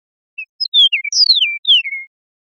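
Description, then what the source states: Eastern meadowlark giving clear, slurred whistles: a faint opening note, then several high notes sliding downward, ending in a long falling whistle. Recorded in Costa Rica.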